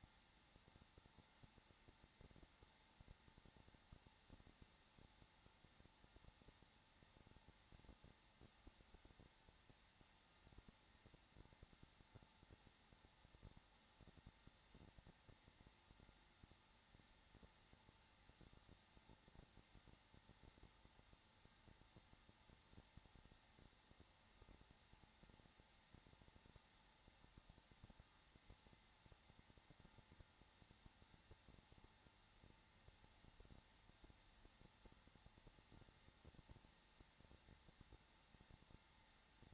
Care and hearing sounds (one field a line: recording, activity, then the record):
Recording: daily activity, microphone in the room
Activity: no activity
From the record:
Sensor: 3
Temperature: 21.3 degrees Celsius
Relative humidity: 33.3%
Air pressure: 994.5 hPa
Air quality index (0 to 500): 168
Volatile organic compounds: 3 ppm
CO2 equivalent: 1462 ppm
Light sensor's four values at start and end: 2/3/2/2 and 2/3/2/2